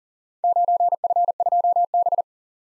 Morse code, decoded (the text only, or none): 9F2B